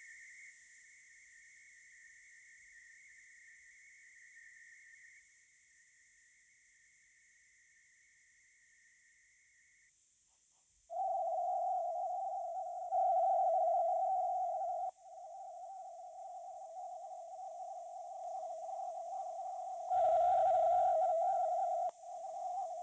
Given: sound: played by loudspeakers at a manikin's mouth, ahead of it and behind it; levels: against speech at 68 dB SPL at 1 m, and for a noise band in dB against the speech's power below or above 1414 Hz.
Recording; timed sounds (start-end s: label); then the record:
test signals for a remote microphone
0.00-0.50 s: noise band at 2000 Hz, 0 dB
0.50-5.19 s: noise band at 2000 Hz, -5 dB
5.19-9.89 s: noise band at 2000 Hz, -10 dB
10.89-12.89 s: noise band at 707 Hz, -13 dB
12.89-14.89 s: noise band at 707 Hz, +22 dB
14.89-19.89 s: noise band at 707 Hz, -13 dB
19.89-21.89 s: noise band at 707 Hz, +22 dB
21.89-22.83 s: noise band at 707 Hz, -13 dB
From the record:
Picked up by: remote microphone B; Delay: 24 ms